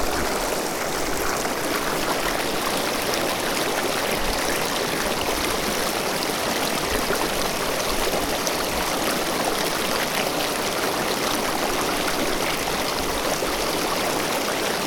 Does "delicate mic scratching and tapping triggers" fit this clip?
no